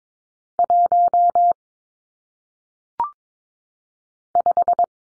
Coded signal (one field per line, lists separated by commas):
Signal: Morse code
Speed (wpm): 22 wpm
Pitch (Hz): 700 Hz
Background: none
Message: 1 5